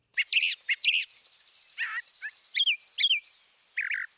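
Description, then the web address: Northern mockingbird singing quick, harsh chattering notes, a low buzzy burst, then repeated sharp down-slurred whistles and a final raspy note. Mimicry by the Northern mockingbird, eastern and central North America. "Birding by Ear, Eastern and Central North America - Peterson Guides 2009 Mimics Northern Mockingbird"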